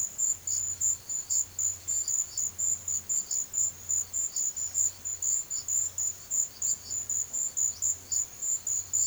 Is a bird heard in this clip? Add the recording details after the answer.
no. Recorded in pastures near Puerto Asís, Putumayo, Colombia, on 24 March 2025 at 13:30. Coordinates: 0.487, -76.322. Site G077